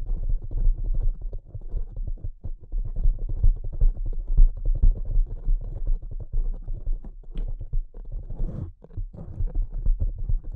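Delicate tapping runs steadily throughout, soft dense low taps in quick irregular succession, with a brief brighter click near seven seconds.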